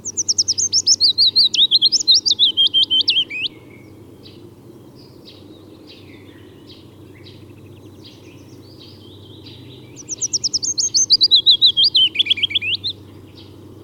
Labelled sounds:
Willow Warbler
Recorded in the wild
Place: Schönfeld, Brandenburg, DE
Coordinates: 53.396, 14.001
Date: 1988-04-30
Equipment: Nagra III BH, Sennheiser MD 21, parabola
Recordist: Schubert, Michael
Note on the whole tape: Gesang Fitis, sehr konkret und dicht, Agrarflieger Geräusch

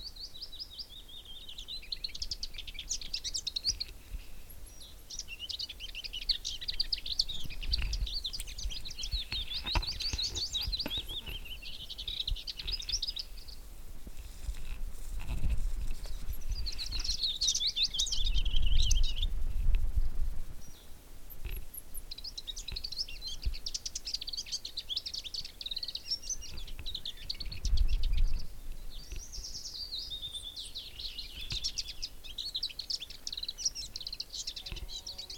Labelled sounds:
Lesser Whitethroat
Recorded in the wild
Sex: male
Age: adult
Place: Gosener Wiesen, Berlin, DE
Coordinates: 52.41, 13.72
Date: 1989-04-30 15:15
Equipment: Uher 4400 Report Monitor, Sennheiser ME 80, K 30 AV
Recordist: Fischer, Stefan

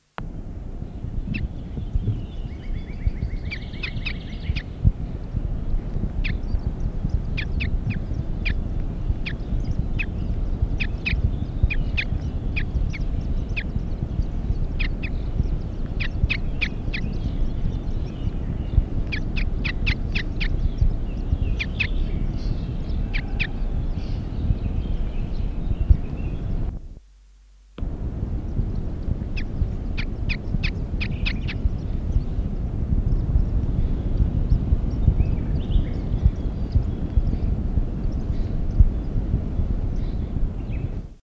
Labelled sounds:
Common Chiffchaff call
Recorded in the wild
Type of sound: call
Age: immature
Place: Cannanore, Kerala, IN
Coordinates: 11.87, 75.36
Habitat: Wald
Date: 1983-05-25
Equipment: Halbspur, 9,5 cm/s
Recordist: Lütgens, Hans
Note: 10-12 Tage alt, gefüttert

